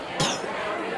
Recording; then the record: coughing mixed with background sound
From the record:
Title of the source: Wet coughing